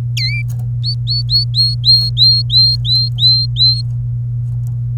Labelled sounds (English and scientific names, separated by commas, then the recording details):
Domestic Canary (Serinus canaria) song
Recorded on 27 April 2018 at 09:14
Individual llb3